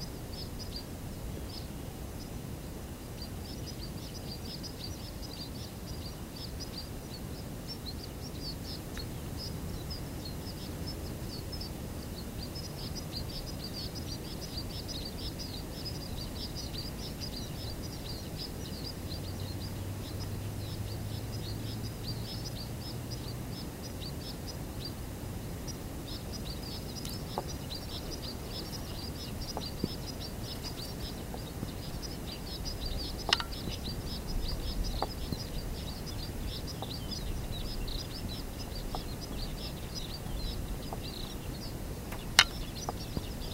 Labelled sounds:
White-winged Snowfinch
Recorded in the wild
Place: Glocknergebiet, AT
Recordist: Brunner, Thomas

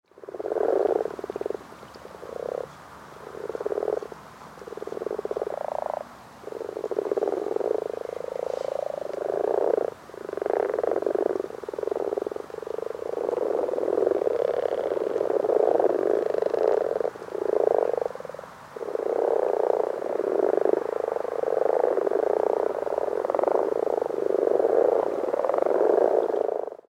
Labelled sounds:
Common Frog
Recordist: Frommolt, Karl-Heinz
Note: Gruppe: Rufe

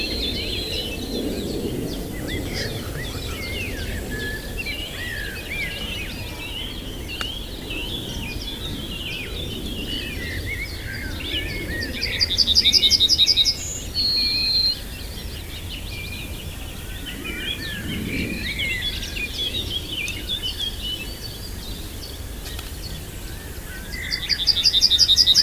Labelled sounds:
Yellowhammer song
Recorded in the wild
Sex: male
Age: adult
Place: Lübars (Fließtal), Berlin, DE
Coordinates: 52.6167, 13.35
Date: 2000-05-01 13:24
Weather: bedeckt, windstill, ca. 24°C
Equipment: Nagra SN, Kopie Uher 4000 Report Monitor
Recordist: Tembrock, Günter

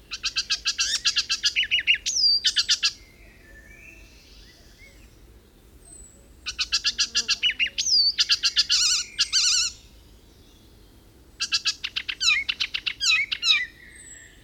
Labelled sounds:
Icterine Warbler song
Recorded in the wild
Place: Kamminke, Insel Usedom, Mecklenburg-Vorpommern, DE
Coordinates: 53.87, 14.206
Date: 1975-06-15
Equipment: Nagra III BH, Sennheiser MD 21, parabola
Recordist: Schubert, Michael

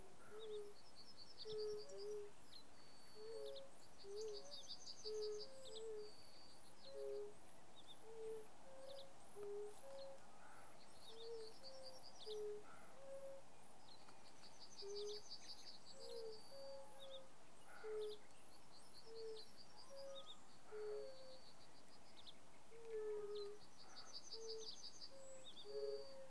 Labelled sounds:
Fire-Bellied Toad call
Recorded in the wild
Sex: male
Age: adult
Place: Bernau bei Berlin, Barnim, Brandenburg, DE
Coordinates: 52.6638, 13.618
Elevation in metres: 82
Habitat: pond
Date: 2019-04-30 19:55
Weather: 15°C, clear, almost windless, water 17°C
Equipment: Zoom H4nSP
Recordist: Frommolt, Karl-Heinz

